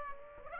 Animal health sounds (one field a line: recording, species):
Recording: mosquito wingbeat signal from an infrared sensor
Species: Aedes aegypti